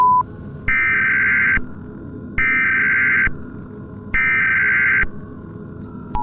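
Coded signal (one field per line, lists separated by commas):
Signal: Emergency Alert System (SAME) tones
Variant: header bursts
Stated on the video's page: Fictional World War Three nuclear EAS scenario, a remake made for entertainment.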